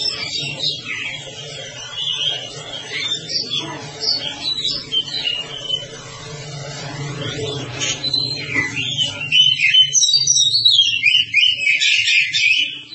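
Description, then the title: Oriental magpie-robin song, continuous varied chattering and whistled phrases over a low hum, growing louder and denser toward the end. Long-duration recording (durasi panjang). "Kacer"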